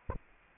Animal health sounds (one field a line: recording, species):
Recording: mosquito wingbeat signal from an infrared sensor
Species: Anopheles arabiensis